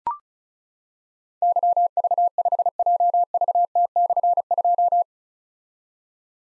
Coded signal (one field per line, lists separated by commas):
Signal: Morse code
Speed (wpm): 36 wpm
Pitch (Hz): 700 Hz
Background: none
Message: YV5JVT/2